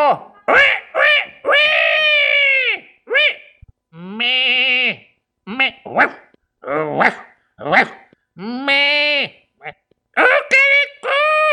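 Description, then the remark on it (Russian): A man's voice, a military chaplain riding in a horse-drawn cab, imitates a string of animal and bird cries, barks, bleats and yelps with strongly pitched, harmonic calls, including a long rising-and-falling rooster crowing carrying through the streets, in quick bursts separated by brief pauses. “фельдкурат, забыв про поезд, принялся подражать крику разных животных и птиц. Дольше всего он подражал петуху, и его кукареку победно разносилось по улицам.”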